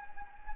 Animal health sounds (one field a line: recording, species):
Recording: mosquito wingbeat signal from an infrared sensor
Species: Anopheles gambiae